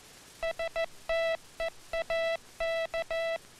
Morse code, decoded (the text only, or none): STEAK